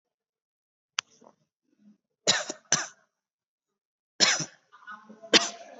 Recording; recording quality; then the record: shallow voluntary cough; excellent, no background noise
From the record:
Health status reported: COVID-19 positive, mild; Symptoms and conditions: cough, cold, breathing difficulty, fever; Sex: male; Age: 27 years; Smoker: not ticked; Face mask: not worn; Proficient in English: yes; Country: India